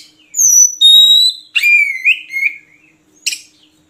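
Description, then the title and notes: Oriental magpie-robin song, clear pure whistles dropping in pitch, a wavering lower whistle, then a short harsh note after a pause. Kacer song meant as training material so kept magpie-robins sing actively (gacor) day and night. "Kacer Jadi Gacor Siang Malam. Isian Kacer Durasi Panjang"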